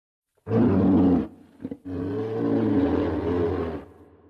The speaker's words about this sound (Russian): Медленно, с жутким скрежетом, который эхом отдавался от каменных стен, тварь подняла морду. Мускулы на шее напряглись, вздулись под свалявшейся шерстью. Грудная клетка расширилась, втягивая воздух. И он издал рев.